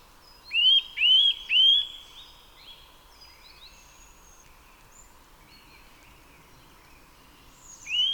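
Eurasian nuthatch giving loud rising whistled calls, three in quick succession, then another after a long pause.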